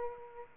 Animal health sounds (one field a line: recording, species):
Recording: mosquito wingbeat signal from an infrared sensor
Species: Aedes aegypti